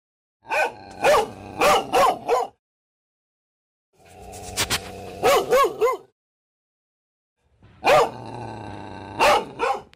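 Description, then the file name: Dog barking in three volleys of several deep, rasping barks, with brief quiet gaps between volleys. Dog barking described as terrifying. "Tieng cho sua kinh hoang"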